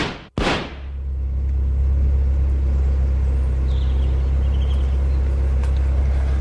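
A brief sharp thump, then a Cadillac's engine settles into a loud, steady low drone that holds without break, with faint higher hiss above the rumble and no voices, in Beverly Hills.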